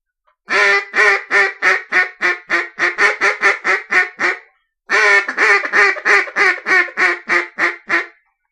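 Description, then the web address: Mallard quacking in two rapid runs of loud, harsh, nasal quacks, many in each run, separated by a brief pause. "Duck -Mallard"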